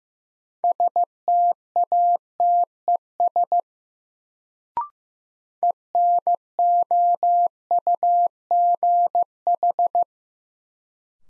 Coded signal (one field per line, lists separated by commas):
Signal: Morse code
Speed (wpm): 15 wpm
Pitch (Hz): 700 Hz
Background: none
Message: STATES ENOUGH